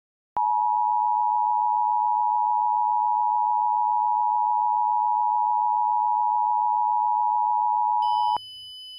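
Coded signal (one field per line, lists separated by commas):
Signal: Emergency Alert System (SAME) tones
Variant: 853 and 960 Hz attention tone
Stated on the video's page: Fictional EAS scenario about a cataclysmic solar flare, with voice actors.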